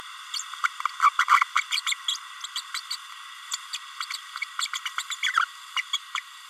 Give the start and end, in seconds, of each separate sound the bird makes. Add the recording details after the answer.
0.33-0.43, 1.02-1.10, 1.19-1.25, 1.29-1.41, 1.55-1.62, 1.76-1.81, 1.86-1.94, 2.08-2.17, 2.56-2.61, 2.74-2.80, 2.90-2.97, 3.51-3.56, 3.73-3.78, 4.00-4.06, 4.59-4.67, 4.73-4.79, 4.85-4.89, 4.98-5.02, 5.10-5.16, 5.23-5.33, 5.76-5.82, 5.93-5.98, 6.15-6.21. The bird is a female. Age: 30 days. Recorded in a nest box in Venezuela. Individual 17B32A7